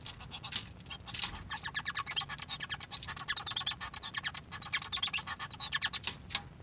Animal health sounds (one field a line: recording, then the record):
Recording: song of a male Bengalese finch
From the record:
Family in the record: son of father 1